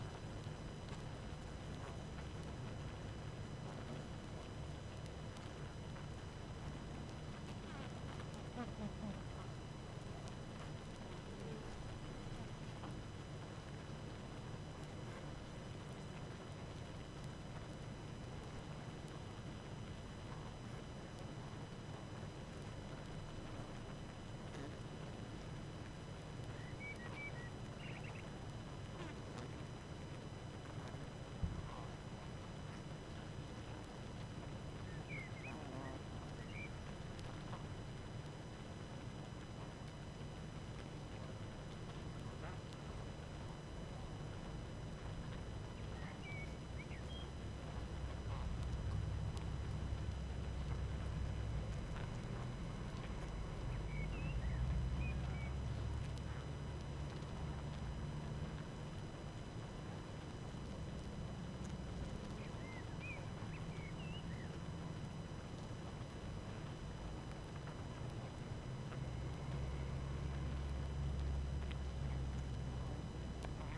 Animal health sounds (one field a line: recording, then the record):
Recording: honeybee colony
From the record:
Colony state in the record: active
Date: 12 June 2018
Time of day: 18:50